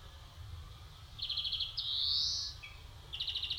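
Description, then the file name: European greenfinch giving a quick trilled phrase, then a drawn-out nasal buzz that swells and rises, followed by another rapid trill. "Chloris chloris"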